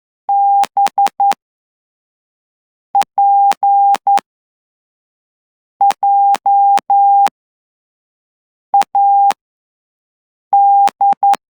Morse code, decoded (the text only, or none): BPJAD